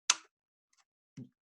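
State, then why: Seated. A plastic PLC module is slid back onto its base or rail and pushed all the way to the back, giving a sharp, bright click at 0.1 s. A few faint ticks follow near 0.8 s, then a soft, low thud at about 1.2 s. The module is seated.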